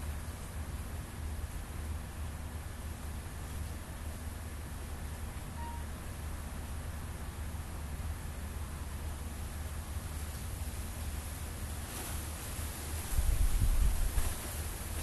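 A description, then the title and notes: A steady breeze hisses throughout, with a low rumble underneath. A small, faint squeak sounds briefly around six seconds. Near the thirteen-second mark a stronger gust rises, briefly louder and deeper, before settling back. Sunday breeze and a squeek by Juraj Kojš.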